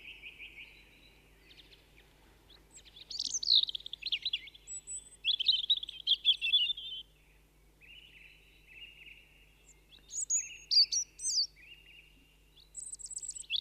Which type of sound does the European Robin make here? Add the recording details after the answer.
song. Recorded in the wild. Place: Kaiserslautern, Rheinland-Pfalz, DE. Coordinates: 49.4115, 7.7575. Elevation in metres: 399. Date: 1976-03-26. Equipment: Nagra IV, Sennheiser MKH 405, Parabolreflektor. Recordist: Tretzel, Erwin